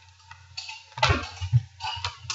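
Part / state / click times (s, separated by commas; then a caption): trigger group retaining pin into shotgun receiver / seated / 2.0 s. The trigger group retaining pin of a Mossberg 500 shotgun is pushed back into the receiver after the trigger group is reinstalled, with small taps and metallic contact sounds. The pin seats with a click at 2.0 s, and a louder snap follows at 2.3 s.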